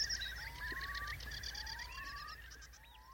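Eurasian Curlew song, faint rising whistles overlapping a rapid bubbling trill, with a low background rumble.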